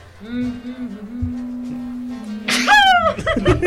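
A steady low drone runs for a couple of seconds, then one loud, explosive sneeze bursts out with a falling vocal pitch, followed by a few short breathy sounds.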